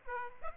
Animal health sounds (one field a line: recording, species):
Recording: mosquito wingbeat signal from an infrared sensor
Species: Aedes aegypti